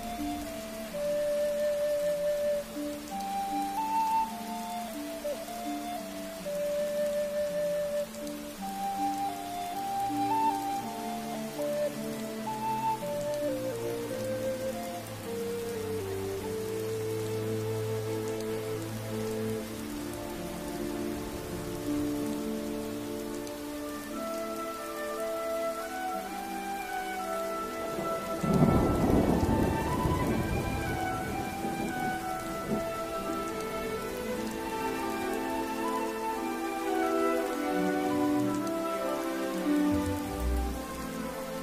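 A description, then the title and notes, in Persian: Hogwarts on a rainy night: steady rain under slow, sustained low melodic tones, with a rumbling thunder-like swell near the 29-second mark. هاگواترز در شب بارانی.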